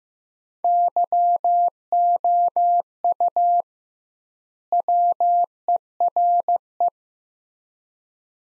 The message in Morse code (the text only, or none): YOU WERE